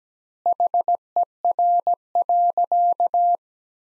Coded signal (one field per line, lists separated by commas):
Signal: Morse code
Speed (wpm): 17 wpm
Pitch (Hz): 700 Hz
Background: none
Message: HER.